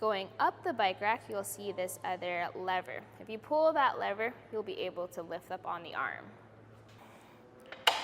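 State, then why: Seated. Someone talks while the release lever on a Benton ShiftShow 4 bike rack is pulled and the steel mast arm is lifted into its pivot lock. A faint tick at 7.7 seconds comes just before a sharp main click at 7.9 seconds as the arm snaps and locks into its extended position.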